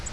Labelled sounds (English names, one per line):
Virginia's Warbler flight call